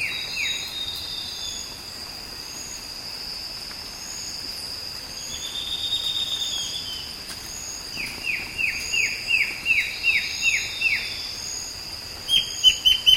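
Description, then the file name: Bird calls: a long, even run of downslurred notes in quick succession, then a brief burst of sharp high notes, set against a steady high hum. "SABIOD 50 bird 2015"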